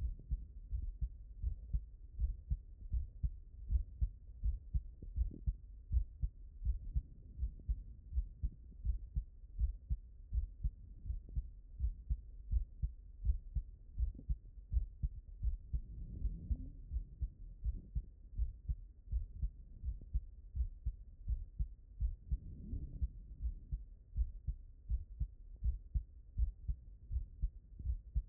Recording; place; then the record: heart sounds by stethoscope; mitral valve (MV)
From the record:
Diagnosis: non-HFrEF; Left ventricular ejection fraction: 68%